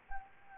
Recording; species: mosquito wingbeat signal from an infrared sensor; Anopheles gambiae